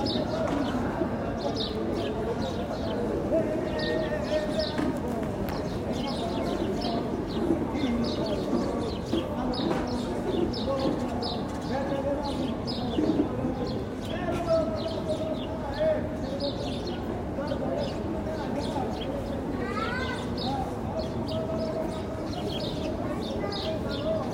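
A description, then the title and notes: Men pray aloud in a low, continuous murmur of overlapping voices at the Western Wall, steady throughout. Birds chirp frequently above the voices, with a clear run of rising calls near twenty seconds, with little else intruding. Shabbat at the Western Wall, Jerusalem. Men and women are separated upon entry to the wall so the chanting men sound further off in the distance. Recorded by Rebecca Goldberg.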